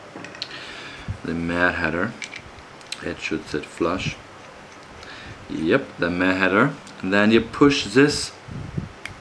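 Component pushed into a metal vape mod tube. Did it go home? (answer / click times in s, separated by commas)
yes / 9.1 s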